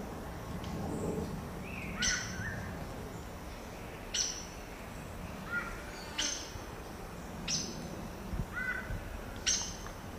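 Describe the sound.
Saffron Toucanet giving abrupt, clipped call notes at intervals of about two seconds, with a few lower squeaky notes between them and a faint rumbling background.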